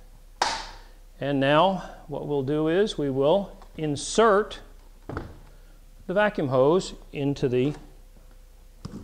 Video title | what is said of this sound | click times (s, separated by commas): How to set up your Micron Air Jet Sieve | once you've confirmed you have all the components replace the hepa filter or the vacuum cover snap it in place | 0.4 s